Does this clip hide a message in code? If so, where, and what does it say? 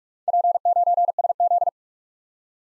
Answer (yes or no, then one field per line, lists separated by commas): yes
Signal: Morse code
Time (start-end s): 0.3-1.7 s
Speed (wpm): 44 wpm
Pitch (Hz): 700 Hz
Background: none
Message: P9SZ